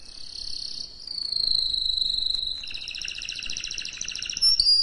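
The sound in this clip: Canary singing a smooth high whistled tour that shifts into a rapid pulsing trill, finishing with sharp bright notes.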